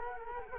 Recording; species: mosquito wingbeat signal from an infrared sensor; Culex quinquefasciatus